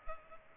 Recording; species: mosquito wingbeat signal from an infrared sensor; Culex pipiens